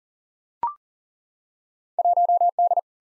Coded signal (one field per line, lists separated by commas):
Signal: Morse code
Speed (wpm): 40 wpm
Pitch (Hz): 700 Hz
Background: none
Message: 1D